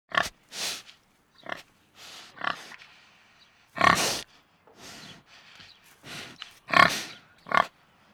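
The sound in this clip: Pig grunting in several short, separate rough bursts, mixed with breathy sniffs and brief pauses between.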